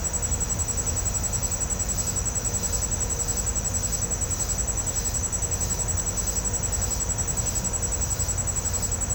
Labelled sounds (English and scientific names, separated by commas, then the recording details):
none
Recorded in pastures near Puerto Asís, Putumayo, Colombia, on 21 December 2024 at 08:00
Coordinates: 0.502, -76.324
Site G077